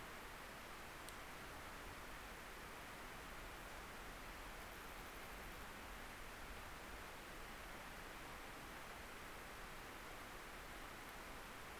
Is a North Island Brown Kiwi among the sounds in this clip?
no